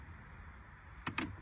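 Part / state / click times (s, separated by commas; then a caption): solar panel cable connector into its mating connector / seated / 1.1 s, 1.2 s. The plastic cable connector on the negative lead of one solar panel is pushed into the positive-lead connector of the next panel in an AZO Digital Solar Boost 3000 solar water-heating setup. After about a second of quiet low background noise, two sharp clicks sound at 1.1 s and 1.2 s, and the connectors are seated.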